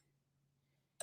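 A small release lever on the back of a wheelchair leg rest is pulled, and the catch lets go so the leg rest swings out to the side. After a quiet stretch with a faint low hum, a single sharp click sounds at 1.0 s as the catch releases.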